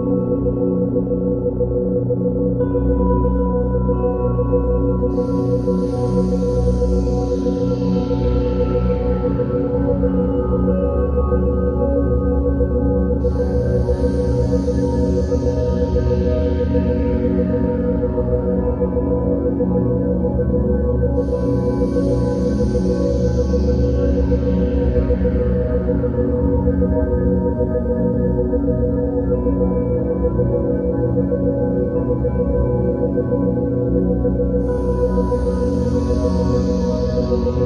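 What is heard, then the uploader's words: A steady drone of layered low tones holds throughout, with a constant rippling hum beneath. Roughly every eight seconds a bright, shimmering swell rises high, then sweeps downward and fades like a struck bowl ringing out. The overall level never changes. Brainwaves and isochronic tones.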